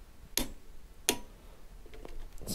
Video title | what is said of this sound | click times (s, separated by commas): How to fit a Roadlok XRA 307 Eurosport Disk Lock - DISKLOK | satisfying click | 0.4 s, 1.1 s